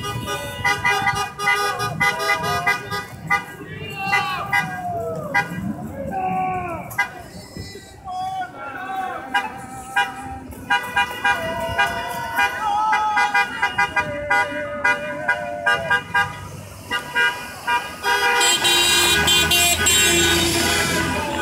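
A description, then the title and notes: Truckers and protesters fill a downtown street with steady chatter, shouting voices and repeated horn blasts, ending in a loud, prolonged honk. Truckers and Protesters take to the streets of downtown Toronto.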